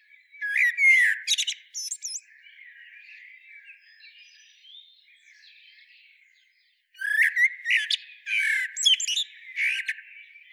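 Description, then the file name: Common blackbird song: a loud warbled phrase ending in squeaky, twittering notes, then a quiet stretch of soft background chatter before another bright, scratchy phrase begins. "Turdus merula"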